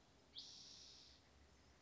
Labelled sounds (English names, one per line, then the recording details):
Spotted Towhee
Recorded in Sonoma County, California